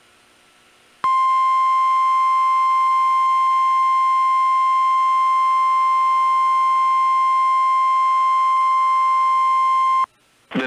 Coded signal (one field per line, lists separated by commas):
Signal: Emergency Alert System (SAME) tones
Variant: 1050 Hz attention tone